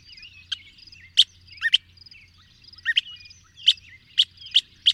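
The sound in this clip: High bird twittering punctuated by loud sharp chips, coming faster toward the end, over a faint low hum.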